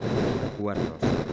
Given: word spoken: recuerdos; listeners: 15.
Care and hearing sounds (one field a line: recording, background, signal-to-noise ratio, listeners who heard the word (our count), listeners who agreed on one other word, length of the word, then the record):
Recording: one Spanish word in noise, from a listening test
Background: noise modulated by one talker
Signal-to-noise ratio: -7.3 dB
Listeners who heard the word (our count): 0 of 15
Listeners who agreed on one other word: 9 of 15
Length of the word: 0.93 s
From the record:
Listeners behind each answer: 9, 3, 2, 1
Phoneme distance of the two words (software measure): 34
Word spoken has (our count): 3 syllables, 9 phonemes, stress on syllable 2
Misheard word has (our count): 2 syllables, 7 phonemes, stress on syllable 1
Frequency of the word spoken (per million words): 37.54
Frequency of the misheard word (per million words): 21.40